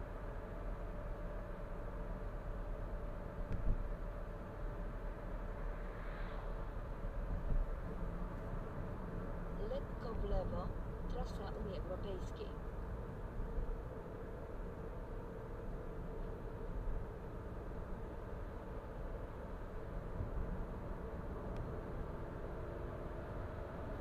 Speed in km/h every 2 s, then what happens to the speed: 55, 54, 54, 53, 52, 49, 47, 47, 47, 52, 54, 59.
0-15 steady at about 52. 15-24 speeds up to 59.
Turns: none.